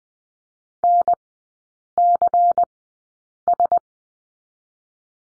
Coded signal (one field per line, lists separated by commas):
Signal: Morse code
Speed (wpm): 20 wpm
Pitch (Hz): 700 Hz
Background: none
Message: NCS